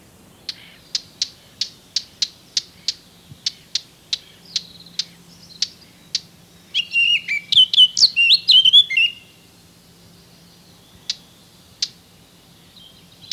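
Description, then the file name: Eurasian blackcap: a series of hard ticking calls about every half second, then a brief rich jumbled warble, then a few more spaced ticks. "Sylvia atricapilla"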